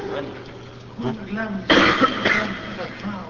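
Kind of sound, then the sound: human body sound, sneeze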